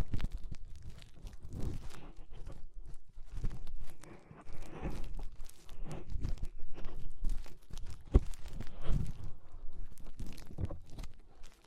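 Fingers rub and scrape inside an ear, giving a muffled, crackling rumble that rises and falls in uneven bursts throughout. Dense rustling and crinkling textures continue almost without pause, with a brief quiet gap near three seconds and a sharp click around eight seconds.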